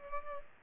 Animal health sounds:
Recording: mosquito wingbeat signal from an infrared sensor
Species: Culex pipiens

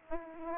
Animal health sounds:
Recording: mosquito wingbeat signal from an infrared sensor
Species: Aedes aegypti

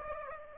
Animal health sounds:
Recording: mosquito wingbeat signal from an infrared sensor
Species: Aedes aegypti

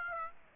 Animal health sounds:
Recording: mosquito wingbeat signal from an infrared sensor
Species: Aedes aegypti

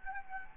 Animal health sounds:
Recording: mosquito wingbeat signal from an infrared sensor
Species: Anopheles gambiae

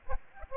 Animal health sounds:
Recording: mosquito wingbeat signal from an infrared sensor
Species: Aedes aegypti

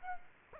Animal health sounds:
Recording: mosquito wingbeat signal from an infrared sensor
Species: Aedes aegypti

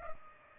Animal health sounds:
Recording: mosquito wingbeat signal from an infrared sensor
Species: Culex pipiens

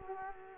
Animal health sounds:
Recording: mosquito wingbeat signal from an infrared sensor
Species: Culex quinquefasciatus

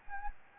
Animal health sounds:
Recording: mosquito wingbeat signal from an infrared sensor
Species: Anopheles gambiae

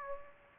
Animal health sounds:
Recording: mosquito wingbeat signal from an infrared sensor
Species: Aedes aegypti

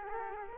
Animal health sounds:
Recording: mosquito wingbeat signal from an infrared sensor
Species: Culex quinquefasciatus

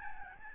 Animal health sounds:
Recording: mosquito wingbeat signal from an infrared sensor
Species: Aedes albopictus

